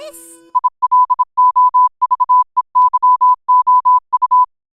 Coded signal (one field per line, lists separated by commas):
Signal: Morse code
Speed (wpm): 27 wpm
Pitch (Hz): 1000 Hz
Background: music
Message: I LOVE YOU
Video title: Morse Code | Hazbin Hotel (Comic Dub)